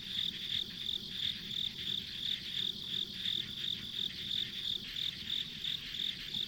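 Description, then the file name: Insects give quick pulsing chirps, about three a second, atop a steady high ringing chorus with soft low noise underneath. Ambient insect sounds recorded on a country road. "田舎道の虫の環境音"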